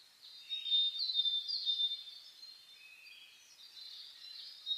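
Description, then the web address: Birds twitter in a dense dawn chorus, high chirps and a few thin whistles, loudest early then steady. Dawn chorus (reimei) birdsong (saezuri), recorded 10 May 2010. "reimei DH-D 50-saezuri-20100510-0401"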